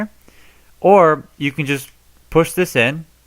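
During transformation into jet mode, a plastic panel on The Last Knight Leader Megatron toy figure is handled and pushed toward closed while someone talks. The clip ends before the panel goes home, so nothing has seated or clicked yet.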